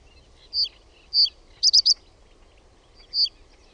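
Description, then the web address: Reed bunting song made of spaced high chirps, a fast burst of three notes in the middle, then a lone note after a pause; nothing else audible. "OMAT AANITYKSET PAJUSIRKKU"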